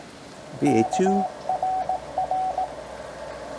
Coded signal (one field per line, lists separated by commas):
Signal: Morse code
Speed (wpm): 18 wpm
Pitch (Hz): 750 Hz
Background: speech, radio noise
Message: KRR